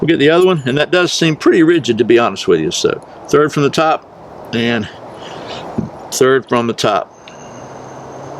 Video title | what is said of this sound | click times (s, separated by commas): UCO Grilliput Quattro Super Compact Campfire Grill | Okay, so they're snapped on. | 7.3 s